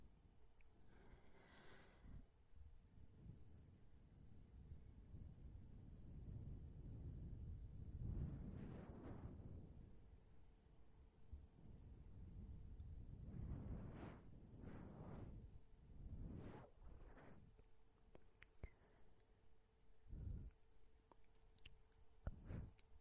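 Blowing breaths gust in soft, low bursts every few seconds, with wet mouth clicks near the end and a faint steady hum underneath.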